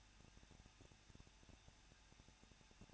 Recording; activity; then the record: daily activity, microphone in the room; no activity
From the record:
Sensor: 2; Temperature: 21.0 degrees Celsius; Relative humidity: 37.5%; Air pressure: 1006.3 hPa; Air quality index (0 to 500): 223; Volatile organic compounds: 25 ppm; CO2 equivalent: 2834 ppm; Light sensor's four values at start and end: 2/3/2/2 and 2/3/2/2